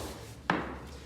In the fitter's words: You usually can hear it lock like you just did.